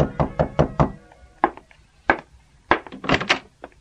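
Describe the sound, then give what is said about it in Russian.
Poor people knocking on the Müllers' door to ask for help: a quick burst of five firm raps, then scattered heavier knocks and a final cluster of several rapid, sharp raps, loud and with no voices. “Скоро бедняки стали все чаще стучаться в двери к Мюллерам и просить о помощи. Потом начали стучать и соседи.”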